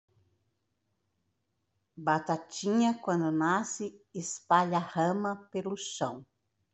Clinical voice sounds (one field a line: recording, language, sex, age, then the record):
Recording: short text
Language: Brazilian Portuguese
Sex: female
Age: 60 to 69 years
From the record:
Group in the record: control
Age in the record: 60 years